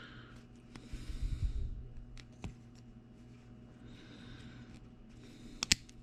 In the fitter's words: snaps into place so